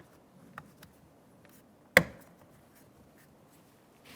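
A plastic interior door trim cover with two locking tabs, one on either side, is pressed into its matching holes in the door panel of a 2002-2009 Chevrolet Trailblazer during a rear window motor and regulator replacement. A few faint ticks lead to one loud, sharp snap at 2.0 s as the tabs lock home. The cover is seated.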